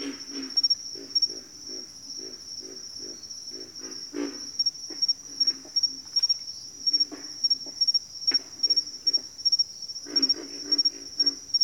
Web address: Sleep Sounds of Nature. Pig Frogs